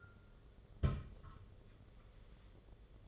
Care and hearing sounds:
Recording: daily activity, microphone in the room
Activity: place on stove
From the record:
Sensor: 4

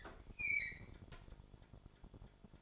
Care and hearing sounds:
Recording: daily activity, microphone in the room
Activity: open fridge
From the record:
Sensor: 5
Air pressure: 1007.9 hPa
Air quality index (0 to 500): 95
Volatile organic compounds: 1 ppm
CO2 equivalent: 744 ppm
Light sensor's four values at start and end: 39/88/37/38 and 40/90/38/39

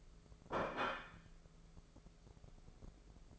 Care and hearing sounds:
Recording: daily activity, microphone in the room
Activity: place plate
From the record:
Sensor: 5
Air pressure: 1015.1 hPa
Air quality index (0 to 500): 207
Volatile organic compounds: 11 ppm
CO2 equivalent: 2268 ppm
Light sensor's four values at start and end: 77/180/77/84 and 77/180/77/84

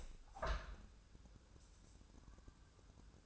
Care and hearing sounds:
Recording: daily activity, microphone in the room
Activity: open window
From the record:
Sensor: 2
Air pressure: 1000.4 hPa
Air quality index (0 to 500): 136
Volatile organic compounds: 2 ppm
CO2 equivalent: 1136 ppm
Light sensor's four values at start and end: 11/29/11/13 and 11/31/12/14

